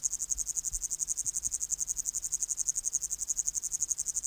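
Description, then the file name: Upland green bush-cricket song: a high, dry, pulsing buzz with rapid, even beats throughout. "Tettigonia cantans"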